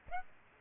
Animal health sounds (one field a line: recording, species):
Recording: mosquito wingbeat signal from an infrared sensor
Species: Aedes aegypti